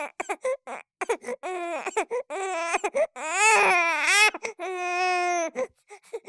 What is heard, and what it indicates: Voice Baby Cry Sequence Long.